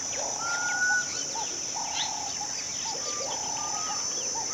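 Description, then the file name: Birds singing: steady whistled notes near one pitch, short rising slurs and chirps overlapping, over a constant high hiss throughout. Intense bird singing in a West African countryside setting. "Sound Ideas - West Africa Country with Intense Birds Singing"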